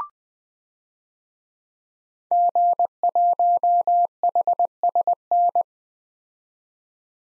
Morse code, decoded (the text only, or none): G1HSN